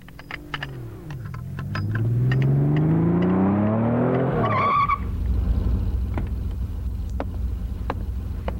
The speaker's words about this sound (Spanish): Disculpen, el motor de mi auto está un poco extraño. ¿Lo podrían revisar?